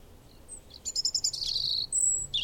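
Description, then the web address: Bird song: a quick series of high buzzy notes, then a sharp high whistle and a falling note, with faint low background noise. "madarak enek"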